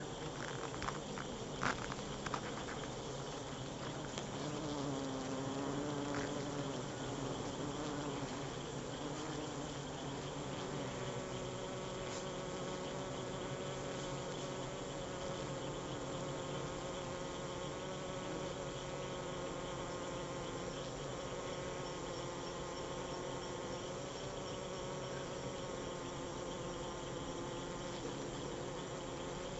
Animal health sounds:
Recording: honeybee defence experiment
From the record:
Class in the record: control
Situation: empty test tube, no live specimens

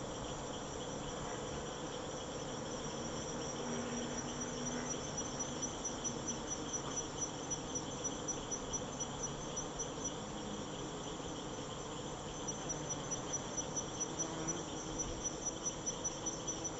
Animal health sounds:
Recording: honeybee defence experiment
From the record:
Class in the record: attack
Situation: Africanized honeybees under attack by Camponotus atriceps ants

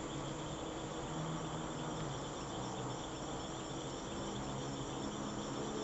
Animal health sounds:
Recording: honeybee defence experiment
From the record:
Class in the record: alert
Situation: Africanized honeybees facing leafcutter ants (Atta)

